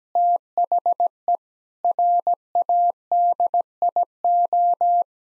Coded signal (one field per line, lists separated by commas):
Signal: Morse code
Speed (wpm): 17 wpm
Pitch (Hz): 700 Hz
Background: none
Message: THE RADIO